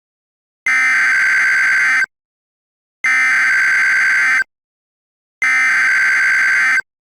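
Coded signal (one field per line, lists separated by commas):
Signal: Emergency Alert System (SAME) tones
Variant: header bursts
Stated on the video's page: Fictional mini EAS scenario about an anomaly in San Francisco.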